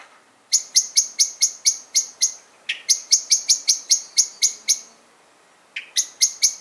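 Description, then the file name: Common blackbird uttering quick runs of sharp chink notes in three bursts separated by brief pauses. "Turdus merula"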